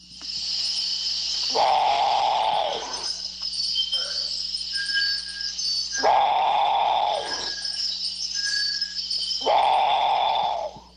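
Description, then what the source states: Great potoo giving loud, hoarse, growling roars, three drawn-out bursts a few seconds apart, over a continuous high insect hum. A bird nearly impossible to see by day, its camouflage colours making it look like part of the tree branch where it perches.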